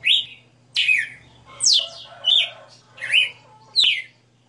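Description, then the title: Red-cowled cardinal singing a run of several sharp, down-slurred whistled phrases in quick succession. Female bird singing a 60-note song, recorded live. "Canto Galo Campina Fêmea 02. Galo de Campina 60 NOTAS Cantando Ao vivo"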